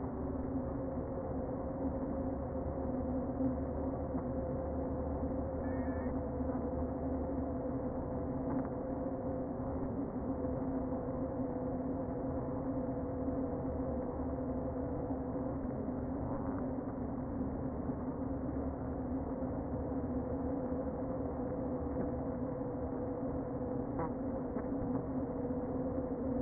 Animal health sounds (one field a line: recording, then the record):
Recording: honeybee colony, microphone inside the hive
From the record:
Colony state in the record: queen present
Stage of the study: before two queens were removed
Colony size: about 60,000 bees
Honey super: yes